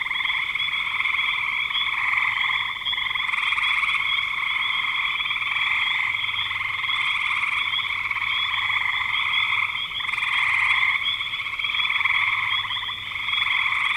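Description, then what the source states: Frog chorus: many overlapping trilled calls form a constant high drone, with brief surges of louder peeping every few seconds. Frogs calling in spring 2025.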